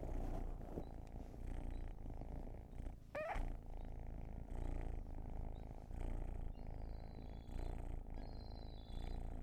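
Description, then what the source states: Cat purr, a low rumble interrupted by a sharp click, then a few high thin whistled notes in the second half. Long purring session.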